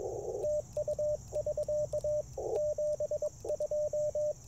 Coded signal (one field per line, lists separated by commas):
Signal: Morse code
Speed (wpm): 22 wpm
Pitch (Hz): 600 Hz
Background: radio noise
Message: TU<SK> 72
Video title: Morning Morse Code - 10/05/2024